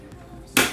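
The second plastic lock clip on the left side of an Idealife food steamer's stacked bowls is pressed shut. A quiet stretch is followed by a loud, sharp snap at 0.6 s that fades quickly. The clip locks into place.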